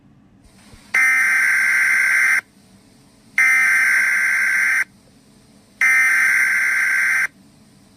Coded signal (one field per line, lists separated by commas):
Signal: Emergency Alert System (SAME) tones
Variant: header bursts